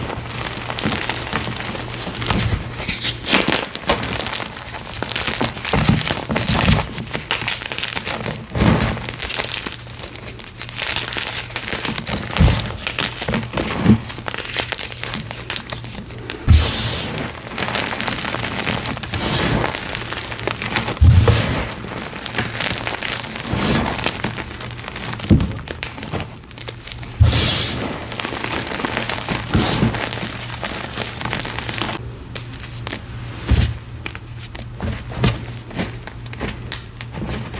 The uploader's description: Carving a crunchy fuchsia dyed gym chalk block and crushing reforms into a dyed chalk bomb.